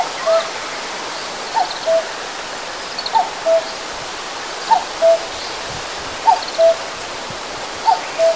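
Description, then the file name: Common cuckoo calling its two-note cuckoo, a higher note falling to a lower steady one, repeated about every one and a half seconds over steady background hiss. "kakko"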